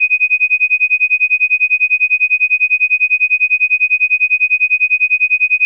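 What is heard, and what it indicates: Synthesized pure tone near 2500 Hz, fully amplitude-modulated so it pulses rapidly and regularly on and off, simulating a pulsing tinnitus sound.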